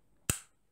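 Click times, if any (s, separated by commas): 0.3 s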